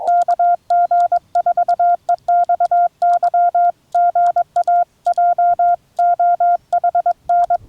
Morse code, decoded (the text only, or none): KG4EXY GA JOHN